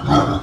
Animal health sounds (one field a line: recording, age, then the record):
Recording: pig call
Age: growing-finishing pig (85 days or more)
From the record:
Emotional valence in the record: positive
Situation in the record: run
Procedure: transit